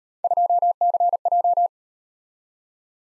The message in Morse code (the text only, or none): 2CJ